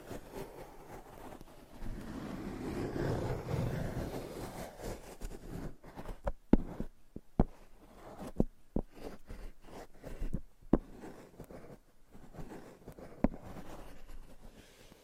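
ASMR triggers shift every few seconds: a soft, rumbling rubbing sound swells from about two to five seconds, then gives way to sharp, irregular taps and scratches. The taps come in quick clusters with short pauses, some louder than others, over a quiet background.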